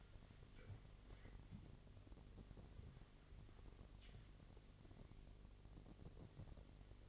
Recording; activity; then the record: daily activity, microphone in the room; wipe stove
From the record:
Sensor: 4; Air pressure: 1007.8 hPa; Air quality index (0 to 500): 190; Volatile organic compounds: 6 ppm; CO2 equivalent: 1900 ppm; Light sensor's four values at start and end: 23/72/27/26 and 22/70/27/26